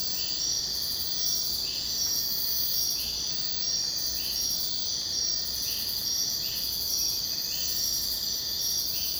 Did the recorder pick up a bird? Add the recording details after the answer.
no. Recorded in secondary vegetation near Puerto Asís, Putumayo, Colombia, on 22 June 2025 at 04:00. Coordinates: 0.484, -76.319. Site G074